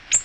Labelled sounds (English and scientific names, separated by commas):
Ovenbird (Seiurus aurocapilla) flight call